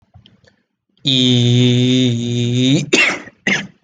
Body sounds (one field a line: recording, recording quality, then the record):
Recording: sustained vowel as in beet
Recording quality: moderate, slight background noise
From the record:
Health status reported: COVID-19 positive, mild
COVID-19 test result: positive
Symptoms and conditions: cough, fatigue, muscle pain, loss of smell and taste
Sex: male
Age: 27 years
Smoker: not ticked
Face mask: not worn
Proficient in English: yes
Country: India